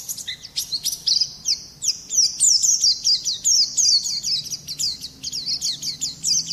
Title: Kicau Kacer